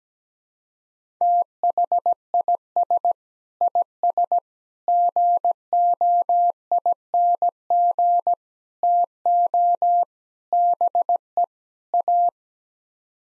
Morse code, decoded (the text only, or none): THIS IS GOING TO BE A